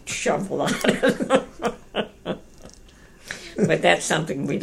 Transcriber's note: laughing